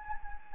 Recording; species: mosquito wingbeat signal from an infrared sensor; Anopheles gambiae